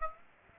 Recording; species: mosquito wingbeat signal from an infrared sensor; Aedes aegypti